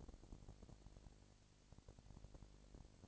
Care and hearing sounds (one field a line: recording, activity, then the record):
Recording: daily activity, microphone in the room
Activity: no activity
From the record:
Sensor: 5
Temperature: 20.1 degrees Celsius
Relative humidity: 38.2%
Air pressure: 998.9 hPa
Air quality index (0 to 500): 218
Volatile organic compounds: 24 ppm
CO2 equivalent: 2814 ppm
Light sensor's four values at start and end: 2/3/1/1 and 2/3/1/1